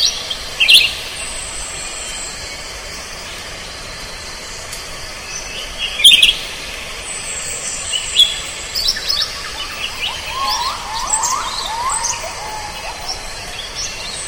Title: Blue-winged Leafbird (Chloropsis cochinchinensis)